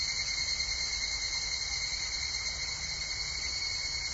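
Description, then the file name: Evening cicada call: continuous high-pitched ringing drone with a faint lower tone, unbroken and even throughout, with soft low background rumble. "higurashi"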